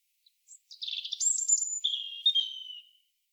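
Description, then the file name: European robin singing a phrase: soft lead-in notes, a tumbling warble, a high thin whistle, then a lower trilled whistle trailing off. "Erithacus rubecula"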